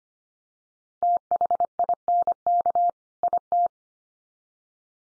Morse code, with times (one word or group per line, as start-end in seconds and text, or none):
1.0-2.9 THINK
3.2-3.7 IT